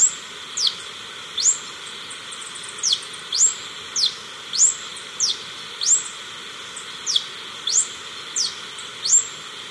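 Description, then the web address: Yellow-throated bush tanager song: high, sharp downslurred notes repeated irregularly, about every half second to a second. Recorded in Ecuador. "S America Birds of Ecuador. Yellow-throated Bush-Tanager"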